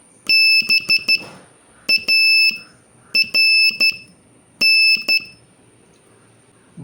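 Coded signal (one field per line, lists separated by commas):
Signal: Morse code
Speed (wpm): 12 wpm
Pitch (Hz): 2650 Hz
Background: none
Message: BARN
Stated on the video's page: Beginner Morse practice drill adding R and K to earlier letters, sending three- and four-letter words.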